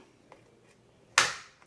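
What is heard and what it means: A knife is worked into the gap between a laptop's plastic bottom cover and the chassis to snap the little retaining clips out, for a fan replacement. After a faint tick near 0.3 s, a loud, sharp snap at 1.2 s rings out and decays, followed by a small tick near 1.6 s. The clip releases and the cover lifts out.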